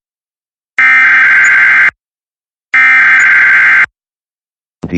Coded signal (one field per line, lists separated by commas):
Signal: Emergency Alert System (SAME) tones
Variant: header bursts